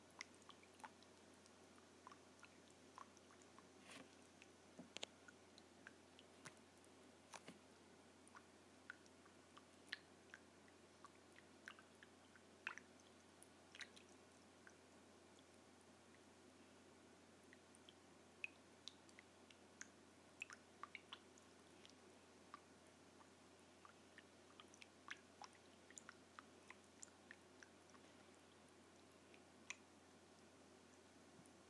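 Small water splashes and drips crackle irregularly throughout, sharp, over a steady low hum.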